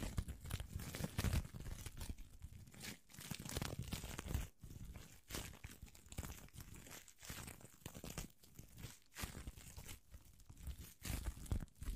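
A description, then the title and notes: Plastic wrap rustles and crinkles right against the microphone in a dense, uneven stream of crackles and crunches. Sharp bright snaps stand out every second or so. Deeper thumps of handling are heard, with a few brief near-silent gaps between bursts. PLASTIC WRAP ON THE MIC (EXTRA TINGLY).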